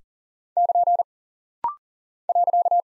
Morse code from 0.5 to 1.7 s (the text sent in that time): <KN>